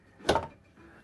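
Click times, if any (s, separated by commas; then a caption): 0.3 s. A small item, likely a cloth or napkin, is clipped into a small wall- or counter-mounted holder installed that morning. A short, sharp click sounds at 0.3 s, trailing off quickly, followed by faint low background noise. The item seats in the holder and stays put.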